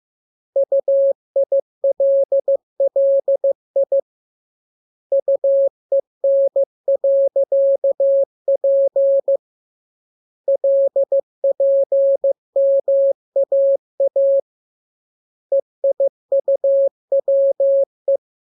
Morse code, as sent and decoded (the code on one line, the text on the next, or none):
..- .. .-.. .-.. .. / ..- . -. .-.-.- .--. / .-.. .--. -- .- .- / . .. ..- .-- .
UILLI UEN.P LPMAA EIUWE